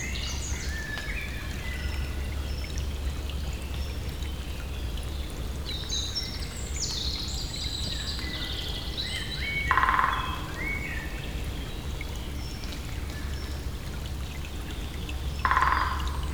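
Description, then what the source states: Great spotted woodpecker drumming: two short, rapid rolls about six seconds apart, with other birds singing in the background over a steady low rumble. Territorial drumming on the stump of a long dead tree by a stream, 28 Chemin de Lapeyrière, Saint-Jean, France; binaural recording with Soundman OKM II Classic and Zoom H4n.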